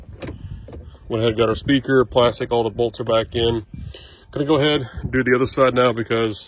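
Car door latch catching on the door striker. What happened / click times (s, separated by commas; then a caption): The car door latch caught on the slam / 0.2 s. A car door is slammed shut after its latch cable and mechanism were repaired and the panels refitted, and the latch catches on the door striker with a sharp metallic clunk at 0.2 s. Someone then talks for the rest of the clip. The latch is seated.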